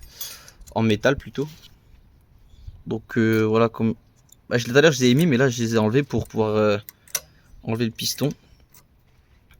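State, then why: Seated. A small metal anti-rattle retaining clip for the brake pads is pressed into the brake caliper bracket of a Mini One D during a disc and pad change. Someone talks over light metallic clinks. The clip snaps into place at 8.8 s and is seated.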